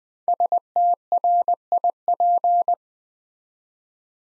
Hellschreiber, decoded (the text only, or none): none